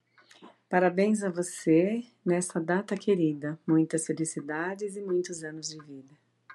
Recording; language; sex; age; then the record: short text; Brazilian Portuguese; female; 50 to 59 years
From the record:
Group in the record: control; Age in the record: 57 years